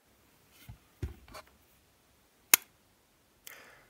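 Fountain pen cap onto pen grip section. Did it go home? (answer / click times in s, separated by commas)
yes / 2.5 s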